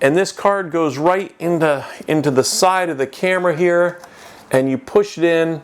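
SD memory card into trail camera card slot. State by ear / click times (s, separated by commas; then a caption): not seated / none. A full-size SD memory card is handled at the side card slot of a TACTACAM Reveal X 3.0 trail camera while someone talks throughout. Nothing has seated or clicked yet: the card is not home in the slot by the end.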